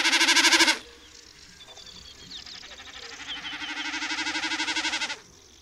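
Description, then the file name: Common snipe drumming: a short loud bleating tremolo, then a longer, softer, wavering hum that swells before stopping abruptly; faint bird chirps in between. "Kszyk"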